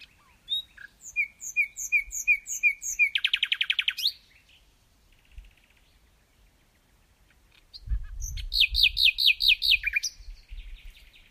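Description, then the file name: Common nightingale: repeated bright whistled notes, a fast buzzy rattle, silence, then a loud run of repeated chirps. "Luscinia megarhynchos"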